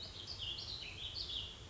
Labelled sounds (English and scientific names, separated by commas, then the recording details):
Warbling Vireo (Vireo gilvus)
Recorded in Sonoma County, California